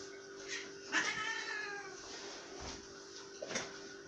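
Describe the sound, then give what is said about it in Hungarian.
A cat indoors that will not go out lets out one drawn-out, wavering meow that slowly falls in pitch, set against a steady low hum, with a few soft knocks before and after. “Lehet van egy macska! Bent!”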